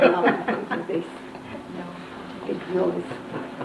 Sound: laughter

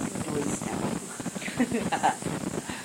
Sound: Laughter. . Has blocked the nose, so the voice is very nasal

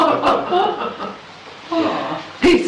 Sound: much laughter

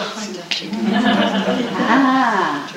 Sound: laughter

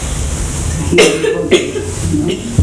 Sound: now he is coughing

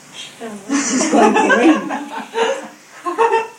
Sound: makes what appears like a excited expression. There is laughter

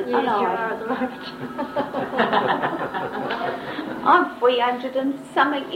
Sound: laughter

